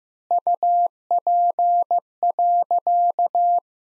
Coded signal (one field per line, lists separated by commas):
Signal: Morse code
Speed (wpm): 15 wpm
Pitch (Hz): 700 Hz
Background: none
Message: UP.